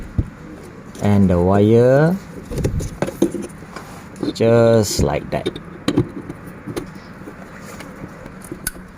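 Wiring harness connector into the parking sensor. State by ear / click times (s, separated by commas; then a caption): seated / 8.7 s. The wiring harness plug is pushed onto the back of a new front parking sensor on a Hyundai Ioniq while someone talks, with small handling taps along the way. A sharp click at 8.7 s marks the connector locking into place, fully seated.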